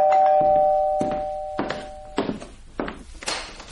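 A doorbell rings with a steady, mid-pitched chime that lingers and fades over about two seconds, while a series of dull, evenly spaced thuds continues through and after it.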